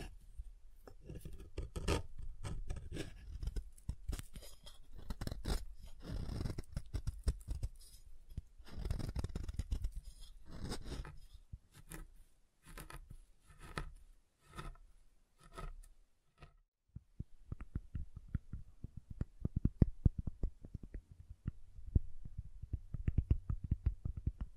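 Soft and hard soap is tapped and carved in dense scraping bursts, giving way after seventeen seconds to sharper, sparser clicking taps.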